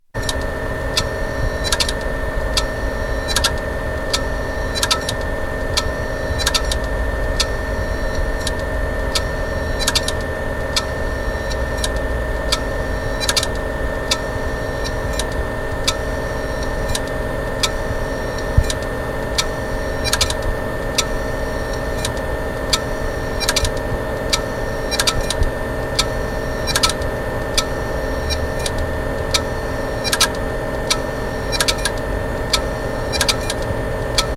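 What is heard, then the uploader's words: A dead hard drive whirs with a steady low hum and tones while sharp clicking ticks repeat irregularly, roughly every second, throughout. A dead hdd in my Apple G4 PowerPC.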